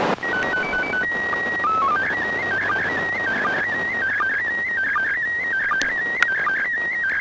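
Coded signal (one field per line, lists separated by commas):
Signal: SSTV (slow-scan television)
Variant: PD 180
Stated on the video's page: SSTV images received from the ISS during the April 2016 event, with one failed pass and one successful pass.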